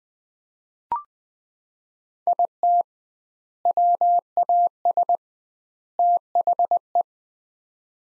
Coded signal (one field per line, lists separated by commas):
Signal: Morse code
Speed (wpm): 21 wpm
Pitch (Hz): 700 Hz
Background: none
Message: IT WAS THE